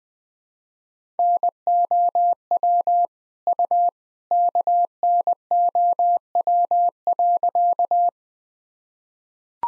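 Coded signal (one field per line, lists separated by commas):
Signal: Morse code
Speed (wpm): 20 wpm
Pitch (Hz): 700 Hz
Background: none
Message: NOW U KNOW.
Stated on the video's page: Morse drill at 20 wpm of sentences from the top 100 words and abbreviations, each sentence sent, spoken, then sent again.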